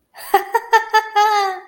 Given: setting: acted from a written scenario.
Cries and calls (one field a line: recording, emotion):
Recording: vocal sound without words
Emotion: amusement